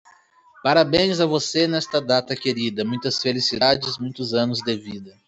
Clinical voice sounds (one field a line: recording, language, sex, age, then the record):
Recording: short text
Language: Brazilian Portuguese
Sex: male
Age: 20 to 29 years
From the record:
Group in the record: control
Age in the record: 28 years